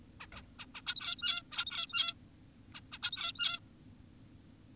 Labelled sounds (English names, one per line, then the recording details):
Zebra Finch
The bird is an adult
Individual g17y2U